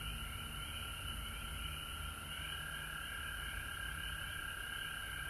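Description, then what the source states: Chorus of frogs, a constant high ringing tone with fast pulsing trills on top, a low hum in the background. Recorded at home in Georgia on March 19, 2020.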